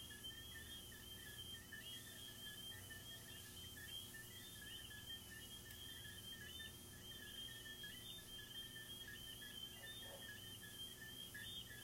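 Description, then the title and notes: Steady cricket trilling with lower pulsing chirps and soft ambient outdoor noise, plus a faint brief sound late on. Crickets recorded in the recordist's garden, presented as relaxing ASMR. "These are relaxing asmr crickets from my garden"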